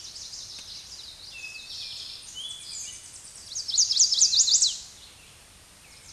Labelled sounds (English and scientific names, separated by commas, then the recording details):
Eastern Towhee (Pipilo erythrophthalmus) song
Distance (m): 25 m
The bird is about 5 m above the microphone
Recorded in a Pennsylvania forest on 16 May 2024 at 06:40
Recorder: AudioMoth, point MSD-0627
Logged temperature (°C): 14.8 °C
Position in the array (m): 86 m, 4 m